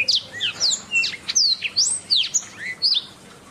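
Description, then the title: Oriental magpie-robin song of quick, clear whistled slurs, rising and falling, interspersed with sharp chirps, delivered rapidly and unevenly. "Kicau Kacer"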